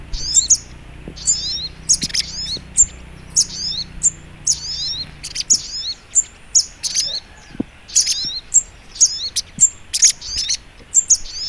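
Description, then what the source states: Little spiderhunter song: high, sharp chirps and short slurred notes repeated steadily, with faint low background hum. Training recording (masteran).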